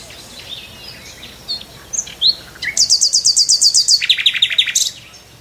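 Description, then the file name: Common nightingale song: quiet sweeping notes build into a fast series of high repeated notes, dropping to a lower rapid trill before fading. "Nachtegaal"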